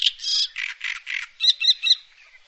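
Bird calls: a few harsh, buzzy notes followed by three sharper, higher chirps.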